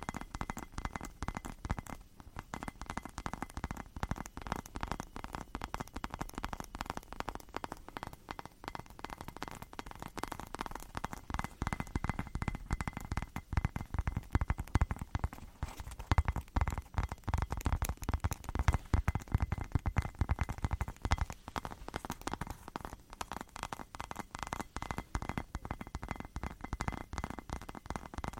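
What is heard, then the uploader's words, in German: Rapid tapping runs steadily for the whole half minute, a dense stream of short knocks with slight unevenness and no real pauses. The taps are fairly full, with a soft low thud under a brighter click, and grow somewhat louder around the middle. ASMR - "Tapp, tapp, tapp".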